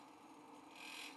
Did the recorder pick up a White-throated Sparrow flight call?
no